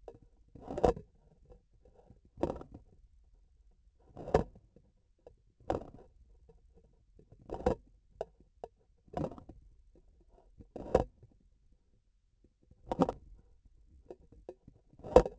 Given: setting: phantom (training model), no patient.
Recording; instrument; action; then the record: laparoscopic instrument, vibration sensor on the handle end; grasping forceps; opening and closing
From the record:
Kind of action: tool actuation without material contact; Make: Olympus